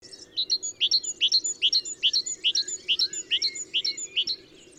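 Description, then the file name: Great tit song, a steady rapid run of high sharp two-note phrases lasting several seconds. "Parus major"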